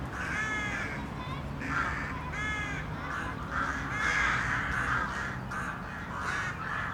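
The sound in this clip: Several crows give rough, repeated caws, one after another in quick succession, above a continuous deep background hum.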